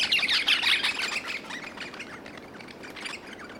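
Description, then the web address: Crimson rosellas giving a burst of overlapping high chirps and squawky notes, loudest at the start and tapering to scattered chirps. A group of crimson rosellas chirping. "bird crimson rosella group chirp"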